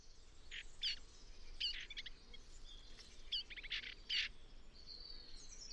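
Eurasian blackcap giving short, hard, clicking calls at irregular intervals over a steady low background hiss.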